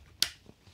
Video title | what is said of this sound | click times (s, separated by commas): Sig Sauer Cross in 6.5 Creedmoor - Ringer or Disappointment? | i have to push on even harder to get that click | 0.2 s